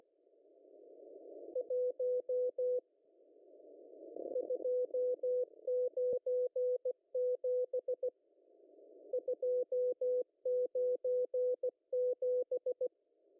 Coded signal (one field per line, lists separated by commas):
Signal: Morse code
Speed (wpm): 16 wpm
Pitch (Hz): 500 Hz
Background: none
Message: 1 297 297